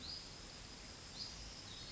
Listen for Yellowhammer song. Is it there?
no